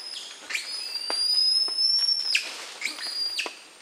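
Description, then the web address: White-nosed bearded saki giving high, thin whistles: a long steady tone, framed by sharp swooping notes and faint clicks. Primate of the South American rainforest. "Natures Songs S America Primates of the Rainforest White-nosed bearded saki monkey"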